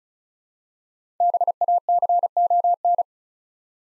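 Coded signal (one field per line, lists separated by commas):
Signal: Morse code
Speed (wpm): 36 wpm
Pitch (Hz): 700 Hz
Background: none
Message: BACON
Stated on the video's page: Morse code practice at 35 wpm, difficult words with contextual hints, for copying practice.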